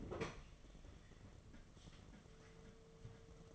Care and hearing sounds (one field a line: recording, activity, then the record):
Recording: daily activity, microphone in the room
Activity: open fridge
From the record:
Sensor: 4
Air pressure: 1015.8 hPa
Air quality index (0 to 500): 186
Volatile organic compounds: 9 ppm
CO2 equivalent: 2148 ppm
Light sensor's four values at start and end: 12/28/12/12 and 10/21/9/9